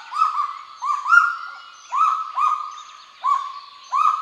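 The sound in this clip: Kagu giving a series of short nasal notes that each rise quickly then hold steady, loud and evenly pitched.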